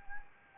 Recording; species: mosquito wingbeat signal from an infrared sensor; Anopheles arabiensis